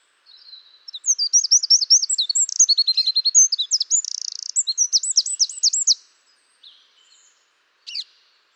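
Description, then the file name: Eurasian wren song, a loud rapid run of high trilled and warbling notes lasting about five seconds, then a couple of short faint notes and one sharp call. "Troglodytes troglodytes"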